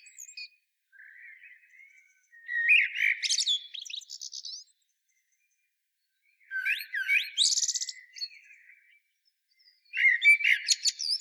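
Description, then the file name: Common blackbird singing: a quiet warbled start, then three louder phrases of low fluting notes ending in thin, scratchy high twitters, separated by short pauses. "Turdus merula"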